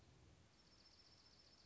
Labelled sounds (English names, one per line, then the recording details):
Dark-eyed Junco
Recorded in Sonoma County, California